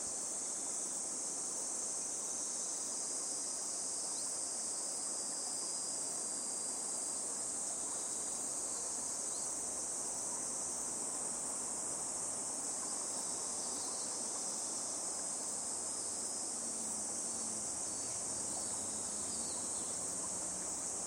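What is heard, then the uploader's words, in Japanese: A babbling stream runs steadily underneath a dense, unbroken chorus of insects, their shrill trilling bright and constant across all twenty seconds. The water's rush fills the middle and low range evenly, with no breaks or distinct events standing out. 湧き水のある場所にやってきました。ちょろちょろと流れるせせらぎには、水生昆虫や稚魚たちの姿も。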